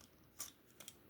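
A removable belt-clip piece is being slid back onto the track of a Grand Master lightsaber hilt, giving a brief sharp scrape near 0.4 s and a pair of small ticks around 0.8 and 0.9 s over a quiet background. The clip ends before the piece goes home, so nothing has seated or clicked yet.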